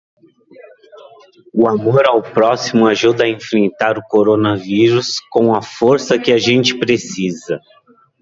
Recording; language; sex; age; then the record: spoken sentence; Brazilian Portuguese; male; 30 to 39 years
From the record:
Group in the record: control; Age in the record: 34 years